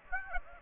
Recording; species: mosquito wingbeat signal from an infrared sensor; Aedes aegypti